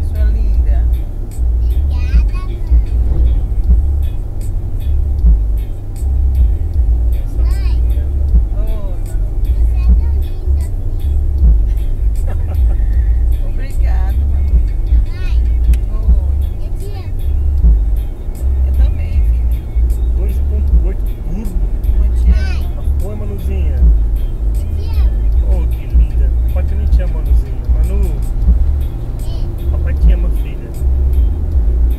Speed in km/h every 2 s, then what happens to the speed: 91, 91, 91, 92, 92, 92, 91, 91, 90, 91, 91, 92, 93, 94, 97, 100.
0-20 steady at about 91. 20-32 speeds up to 100.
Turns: none.